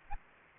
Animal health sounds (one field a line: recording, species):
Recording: mosquito wingbeat signal from an infrared sensor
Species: Anopheles arabiensis